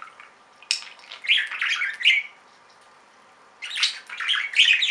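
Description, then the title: Budgerigar chirps and scratchy squawks in two bursts, separated by a quiet gap of about one and a half seconds. "Budgie Sounds"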